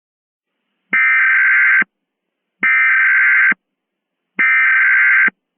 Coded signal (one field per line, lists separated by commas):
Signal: Emergency Alert System (SAME) tones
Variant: header bursts